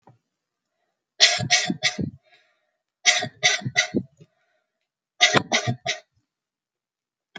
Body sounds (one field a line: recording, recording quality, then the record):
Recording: shallow voluntary cough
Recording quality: excellent, no background noise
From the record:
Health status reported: healthy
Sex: female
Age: 30 years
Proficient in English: yes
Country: United States